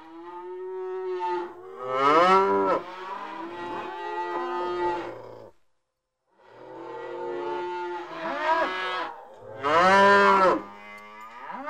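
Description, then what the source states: Cattle mooing: several cows calling in overlapping, drawn-out moos, some rising and falling in pitch, with a brief silent pause midway. Herd of cows on a big meadow near a street in Enscherange, mooing on a mild, windy summer afternoon.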